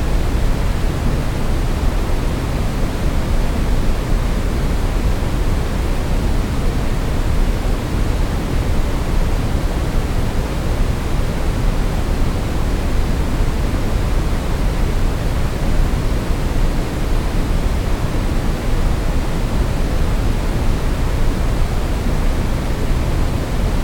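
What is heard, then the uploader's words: Brown noise: a steady, unbroken rush weighted heavily toward the low end, like a deep rumble with a soft hiss above it. Level and texture stay constant throughout, with no events, pauses or background sounds. BROWN NOISE • A Variant of White Noise With Deep Lower Frequencies.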